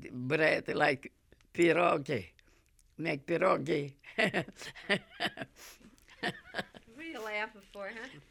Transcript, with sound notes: bread, like pierogi, make pierogi. ( she laughs )
What are you laughing for, huh?